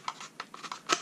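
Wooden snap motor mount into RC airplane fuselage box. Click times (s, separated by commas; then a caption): 0.4 s. A laser-cut wood snap motor mount (power pod) is slid in from the front of a wooden demo box for an RC airplane fuselage and pushed home. Light scraping and tapping lead to a sharp snap at 0.4 s as it seats into place, followed by a few softer clicks.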